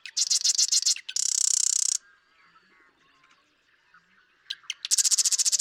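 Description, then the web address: Marsh Wren song: a stuttering rattle, then a dense, harsh buzzy trill, a pause with faint sounds, and another fast rattling trill. "birdsongforthecurious Marsh Wren"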